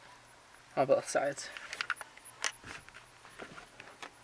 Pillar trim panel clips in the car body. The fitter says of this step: next part is a bit scary cuz you're going hear a pops but you literally take this squeeze it and pull it out